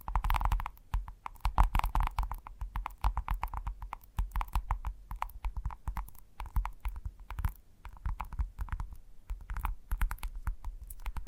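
Gentle tapping continues throughout in quick, uneven bursts of soft taps, some landing close together and others spaced by short pauses. The taps have a dull, hollow low thump with a light clicky edge around the middle. A few slightly louder taps stand out near the second and ninth seconds.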